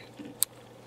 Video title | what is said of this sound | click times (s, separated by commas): common camera layout.wmv | and once you hear or feel it 'click' slowly withdraw | 0.4 s